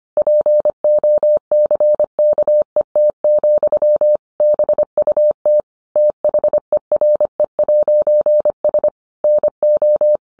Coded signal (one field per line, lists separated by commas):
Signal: Morse code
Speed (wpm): 25 wpm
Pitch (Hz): 600 Hz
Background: none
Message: POCKET, BUT THERE'S NO